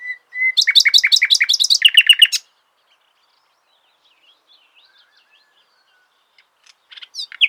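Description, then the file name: Common nightingale singing: a few pure whistles, then a loud series of rapid, repeated chopped notes, a pause, and further sharp phrases near the end. "Luscinia megarhynchos"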